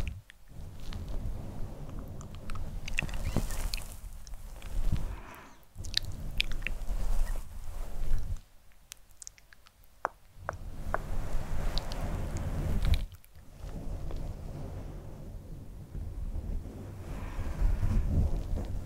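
Soft, fluffy touching and scratching on a microphone, a continuous rustle with a heavy low rumble. Sharp clicks and brief plucks cut through now and then, with quieter pauses near 6, 9 and 13 seconds before the rubbing swells again.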